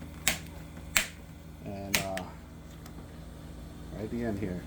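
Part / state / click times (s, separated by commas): retaining clip into window frame groove / seated / 0.3 s, 1.0 s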